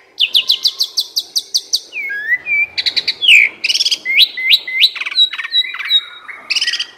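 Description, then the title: Asian pied starling song opening with a rapid run of repeated high notes, followed by rattles, slurred whistles and buzzy trilled phrases. Used to train cage birds that sing too little or are sluggish. "Masteran Jalak Suren Atasi Burung KURANG GACOR Dan LOYO"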